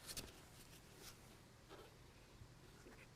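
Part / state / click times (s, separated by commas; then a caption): LED tail light housing posts into pickup truck body holes / not seated / none. A Morimoto XB Black LED tail light housing is held against the body of a 2019 Ram 1500 pickup while its two mounting posts are lined up with the two holes in the truck body. Only faint handling rustles and a brief soft scrape near the start break the quiet. The housing has not been popped into place, and nothing has seated or clicked yet.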